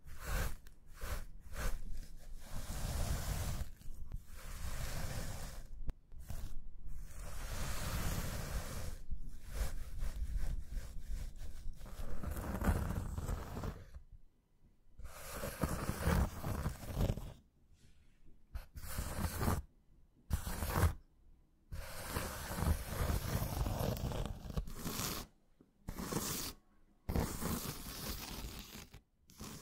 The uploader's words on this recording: ASMR Invisible Triggers Tapping, scratching, squeezing, stroking Hand movements (no talking).